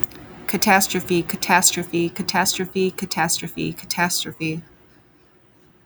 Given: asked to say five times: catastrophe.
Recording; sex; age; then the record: repeated word; female; 30 to 39 years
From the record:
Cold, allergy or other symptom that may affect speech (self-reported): no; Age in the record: 30 years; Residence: United States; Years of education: 16